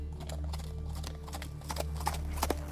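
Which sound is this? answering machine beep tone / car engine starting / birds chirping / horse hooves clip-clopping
horse hooves clip-clopping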